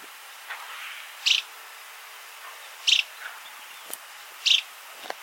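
Bird giving short, high chipping calls, three of them about every one and a half seconds, over a steady hiss of background noise with faint clicks.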